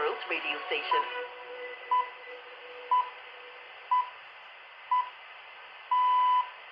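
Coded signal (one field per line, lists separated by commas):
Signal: radio time signal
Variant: time pips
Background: speech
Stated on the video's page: BBC World Service on 5875 kHz to East Europe, received on a Tecsun PL380 with whip antenna indoors by a window in Bucharest.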